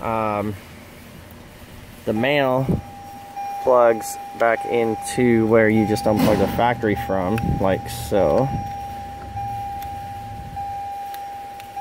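On a 2018 Toyota Camry, the male plastic plug of a plug-and-play remote start harness is being lined up with the vehicle's factory connector before it is pushed home, while someone talks. A steady high tone holds from about 2.7 seconds to the end under the talking. The plug has not clicked or seated yet.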